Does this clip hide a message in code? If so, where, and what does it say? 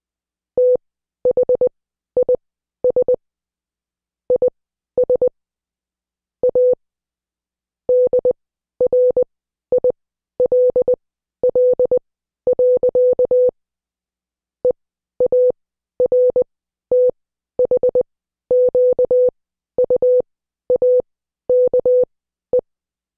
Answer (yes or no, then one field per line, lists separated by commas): yes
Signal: Morse code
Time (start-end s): 0.6-22.6 s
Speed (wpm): 20 wpm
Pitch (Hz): 500 Hz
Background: none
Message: THIS IS A DRILL. EARTHQUAKE